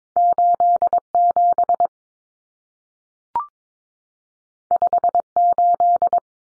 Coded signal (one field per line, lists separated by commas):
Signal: Morse code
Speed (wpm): 22 wpm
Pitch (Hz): 700 Hz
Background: none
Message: 87 58